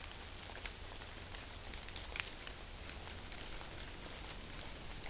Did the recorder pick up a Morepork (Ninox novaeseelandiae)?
no